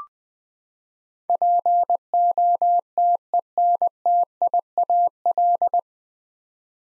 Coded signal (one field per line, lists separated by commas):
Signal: Morse code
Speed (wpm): 20 wpm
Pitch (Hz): 700 Hz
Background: none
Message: POTENTIAL